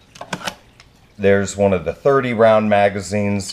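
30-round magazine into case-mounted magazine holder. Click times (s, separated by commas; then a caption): 0.3 s. A 30-round AR magazine is pushed into a magazine well mounted in a custom carry case and locks in place with a sharp click at 0.3 s, among a few short clatters in the first second. Someone then talks.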